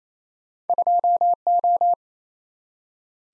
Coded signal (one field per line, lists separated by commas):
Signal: Morse code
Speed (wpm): 28 wpm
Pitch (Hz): 700 Hz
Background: none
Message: 2O